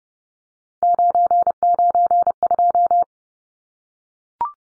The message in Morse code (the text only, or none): 992